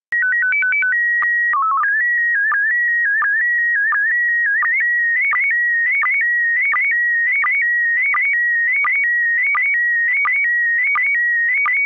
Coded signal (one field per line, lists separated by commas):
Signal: SSTV (slow-scan television)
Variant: PD 90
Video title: Daily Minutes, March 30, 2019. (including Slow Scan Radio of the same date)